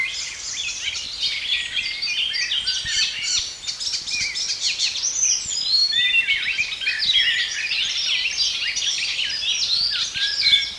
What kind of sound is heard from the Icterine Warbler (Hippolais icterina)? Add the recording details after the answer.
song. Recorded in the wild. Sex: male. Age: adult. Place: Putbus, Schloßpark, Insel Rügen, Mecklenburg-Vorpommern, DE. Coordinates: 54.3511, 13.4736. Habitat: park. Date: 1979-06-22 11:12. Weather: sunny, 24°C, light winds. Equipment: ITT Schaub-Lorenz Studio Recorder 72, Verstärker, Sennheiser MD 421 HL, Kopie Uher 4200 Report. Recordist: Tembrock, Günter